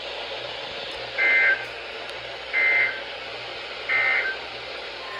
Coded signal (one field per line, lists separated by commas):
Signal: Emergency Alert System (SAME) tones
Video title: Halifax County gets slammed! - Alerts from 7/20/24 - 7/24/24 (EAS #1164 - 1173)